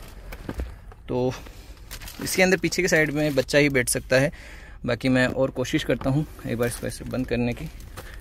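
Someone talks while handling the third-row seat backrest of a 2023 Hyundai Alcazar Prestige 7-seater SUV, with a few faint short knocks near the start. The backrest has not yet been pushed upright into its seat lock, so nothing has seated or clicked yet.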